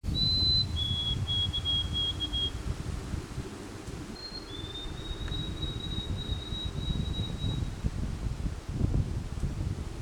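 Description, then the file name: White-throated sparrow song: two pure whistled phrases, a short high note then a lower held tone, repeated after a pause with a long sustained whistle, over low rumbling background noise. "Voice of Zonotrichia albicollis"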